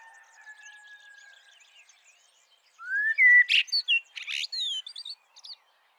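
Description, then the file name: Eurasian blackbird song: a soft low warble, then a loud rising whistle, harsh squeaky chirps and a thin high twittered trill to finish. "Turdus merula"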